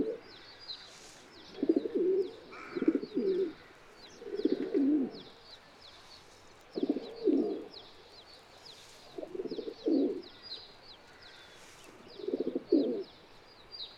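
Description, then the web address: Domestic pigeon (Ra'bi breed): domestic pigeon giving a series of short, low coos, some doubled, with many high chirps of other birds behind. "صدای-کبوتر-راعبی"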